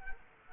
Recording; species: mosquito wingbeat signal from an infrared sensor; Culex quinquefasciatus